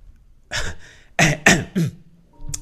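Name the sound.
dry coughing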